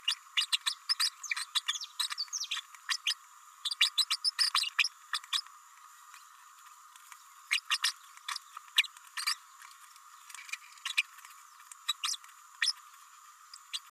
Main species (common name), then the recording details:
Green-rumped Parrotlet. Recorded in a nest box in Venezuela. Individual 18B104A3